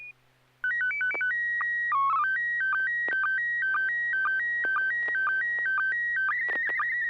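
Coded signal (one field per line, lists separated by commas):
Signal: SSTV (slow-scan television)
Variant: PD 120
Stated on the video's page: SSTV images exchanged on a weekly amateur radio net via a UHF FM repeater on 441.300 MHz, using MMSSTV software.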